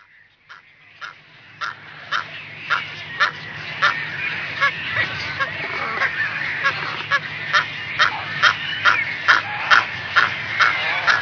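Brown Pelican calls: harsh, raspy notes repeated about twice a second, growing louder, over a constant low hum and a busy background.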